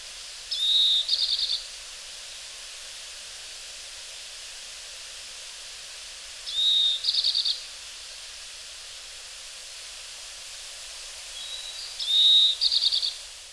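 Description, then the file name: Oriental greenfinch gives three calls roughly every six seconds, each a brief high whistle running into a rapid buzzy trill, against light background hiss. Recorded in Hyogo. "kawarahiwa hyogo kaji"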